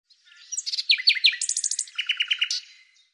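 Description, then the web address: Bird song: a quick, varied phrase of high chirps and trills, ending in a run of rapid downslurred notes, with no other sounds. "Deverinetal 2025"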